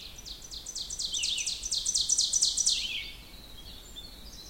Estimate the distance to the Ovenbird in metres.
about 25 m